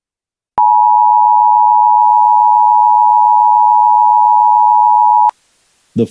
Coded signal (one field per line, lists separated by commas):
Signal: Emergency Alert System (SAME) tones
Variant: 853 and 960 Hz attention tone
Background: speech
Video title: EAS Scenario: Runaway Train